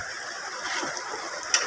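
A flat bar is inserted into its slot on the other side of a DIY circular saw guide, and its quick lock is engaged. A ratcheting, mechanical sound is heard with sharp clicks at 0.97 s and 1.54 s, the second louder, as the quick lock seats.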